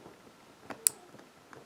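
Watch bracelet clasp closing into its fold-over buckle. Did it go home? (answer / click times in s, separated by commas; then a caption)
yes / 0.9 s. The repaired metal bracelet clasp of a Seiko watch is pressed down into its fold-over buckle, and it closes against definite resistance. It snaps shut with a single sharp, bright click at 0.9 s, followed by a few faint ticks near 1.2 s and 1.5 s. The clasp is seated and holds closed.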